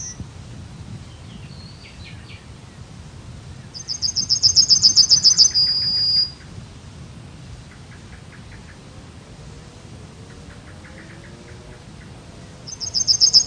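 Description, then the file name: Yellowhammer song: a rapid high trill of repeated notes ending in a long thin whistle, faint chirps from other birds, then the song begins again near the end. "Zigolo giallo"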